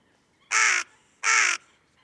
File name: Corvus corone